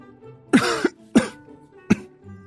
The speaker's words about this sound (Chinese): 不自在地咳嗽。